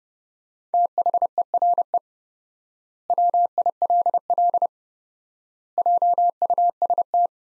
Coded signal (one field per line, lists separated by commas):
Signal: Morse code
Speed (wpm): 32 wpm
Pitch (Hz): 700 Hz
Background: none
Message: THERE WILL JUST